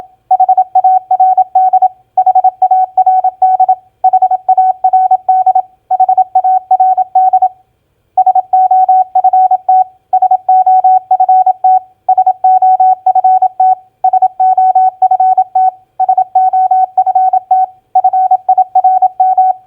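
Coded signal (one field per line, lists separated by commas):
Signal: Morse code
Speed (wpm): 27 wpm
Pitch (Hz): 750 Hz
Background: none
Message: HARD HARD HARD HARD SOFT SOFT SOFT SOFT SOFT FIRM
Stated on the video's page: Morse practice drill of common four-letter word recognition, played at 27 wpm.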